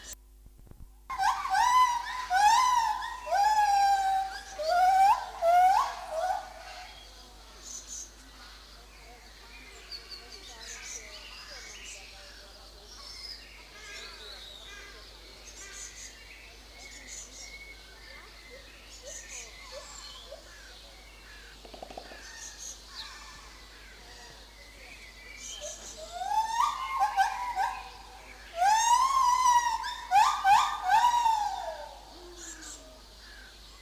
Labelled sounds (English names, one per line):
Lar Gibbon